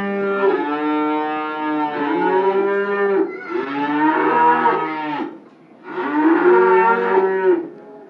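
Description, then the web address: Cattle mooing: three long, deep harmonic moos with brief pauses between. Several cows mooing at a market. "SFXSource AOS Cows Mooing Market Atmo"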